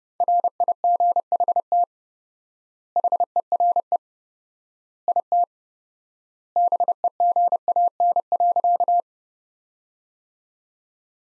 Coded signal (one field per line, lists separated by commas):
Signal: Morse code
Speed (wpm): 30 wpm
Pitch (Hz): 700 Hz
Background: none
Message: RIGHT HERE IT BEGAN.